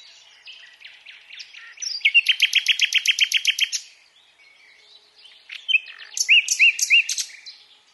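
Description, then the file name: Common nightingale song: soft notes build into a loud, rapid series of many repeated chirps, a pause, then three looping rising whistles. "Luscinia megarhynchos"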